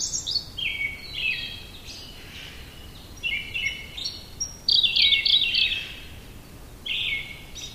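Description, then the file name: Siberian blue robin song: faint thin high notes followed by bright, rattling trilled phrases, several bursts in quick succession over steady background hiss. "koruri"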